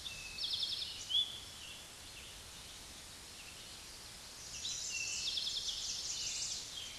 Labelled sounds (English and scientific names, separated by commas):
Eastern Towhee (Pipilo erythrophthalmus) song